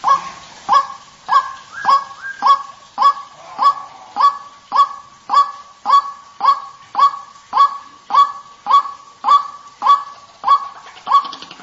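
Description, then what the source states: White-breasted waterhen repeated calls, a loud clipped note given steadily about every 0.6 seconds throughout, with faint upper harmonics. Lure recording (pikat) of the white-breasted waterhen.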